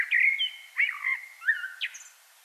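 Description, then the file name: Common blackbird song: a fluty whistled phrase with slurred notes and a brief high note near the end. "Turdus merula"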